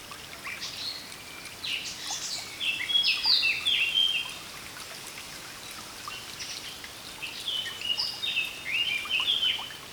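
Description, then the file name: Eurasian blackcap singing quick, varied warbling phrases in two bursts over steady background noise. "Sylvia atricapilla"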